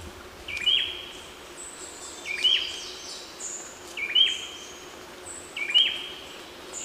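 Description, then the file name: Grey-breasted wood wren short song: a brief bright whistled phrase repeated four times at fairly steady intervals, over steady background hiss. "Hen leu canto corto"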